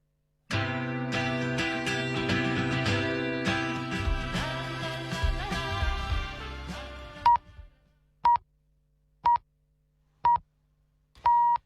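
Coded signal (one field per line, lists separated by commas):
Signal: radio time signal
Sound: music ends, then four short one-second-spaced beeps and a longer final beep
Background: music before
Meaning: The final long pip marks the start of the full hour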